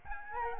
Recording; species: mosquito wingbeat signal from an infrared sensor; Aedes albopictus